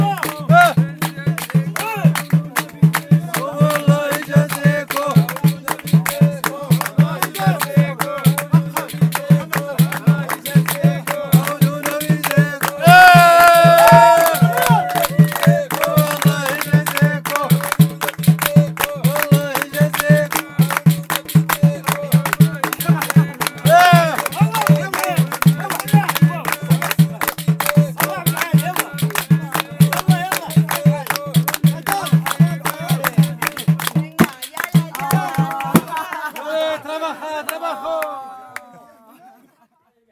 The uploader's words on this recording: Northern Morocco Impression. Field Recording. Mixed Recordings from Fes, Iche, Figuig, Marrakesh of Morocco: Sounds of Prayers and Life.